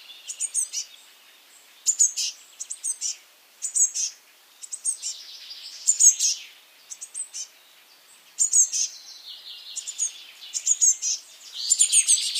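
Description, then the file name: Eurasian blue tit calling with high, thin notes and buzzy churring phrases in repeated groups every second or two across the recording. "Cyanistes caeruleus"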